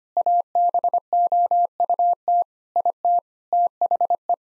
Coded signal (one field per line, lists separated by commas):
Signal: Morse code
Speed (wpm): 25 wpm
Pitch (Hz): 700 Hz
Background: none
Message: ABOUT IT THE